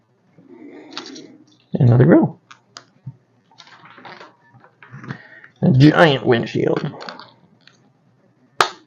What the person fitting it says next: That was a very satisfying snap, although it felt like it might have broken something.